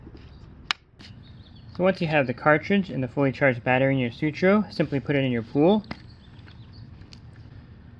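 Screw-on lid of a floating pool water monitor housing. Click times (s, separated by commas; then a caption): 0.7 s. The screw-on plastic lid of a Sutro floating pool water monitor housing, fitted with a reagent cartridge and a fully charged battery, is turned until fully tight and gives a sharp, short click at 0.7 s as it seats. Someone then talks, followed by a few faint ticks near the end.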